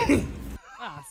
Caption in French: On dirait qu'il a fait exprès pour tousser dans le micro. Une toux grosse dans mon oreille.